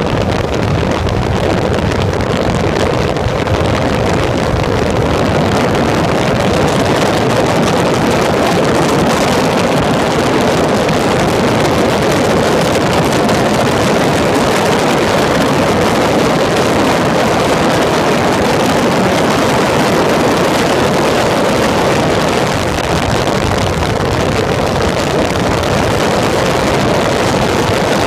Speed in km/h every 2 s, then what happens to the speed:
82, 80, 102, 114, 117, 119, 125, 129, 132, 134, 122, 113, 120, 119.
2-17 speeds up to 134. 17-21 brakes to 113.